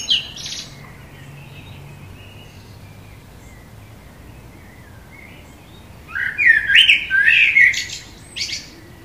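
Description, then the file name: Common blackbird song, one brief phrase then a long pause before a fuller mellow whistled warble with a high trailing twitter. "Turdus merula"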